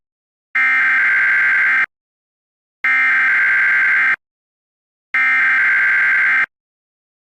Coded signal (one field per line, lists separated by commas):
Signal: Emergency Alert System (SAME) tones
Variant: header bursts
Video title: EAS Classic: Jellyfish Attack EAS